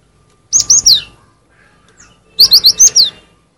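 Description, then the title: Cinereous tit phrases: two bursts of rapid, high, slurred whistled notes, three then five, separated by a pause of over a second. "G3latik b4t0 suara burung gelatik winko"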